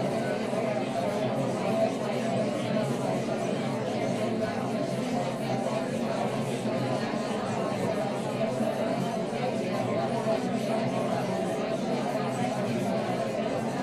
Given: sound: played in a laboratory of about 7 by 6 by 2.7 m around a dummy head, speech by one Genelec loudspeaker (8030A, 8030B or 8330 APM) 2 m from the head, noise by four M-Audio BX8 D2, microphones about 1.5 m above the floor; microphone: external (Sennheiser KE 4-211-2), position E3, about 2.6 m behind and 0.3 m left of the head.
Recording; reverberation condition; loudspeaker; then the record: babble noise; low; four, about 170 cm from the corners of the room and facing them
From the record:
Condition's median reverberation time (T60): about 310 ms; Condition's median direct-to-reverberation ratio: about 3.5 dB